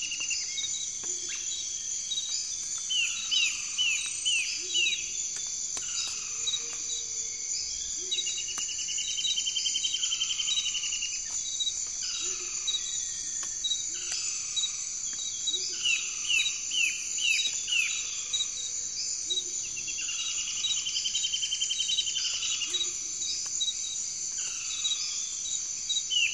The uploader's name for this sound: tropical forest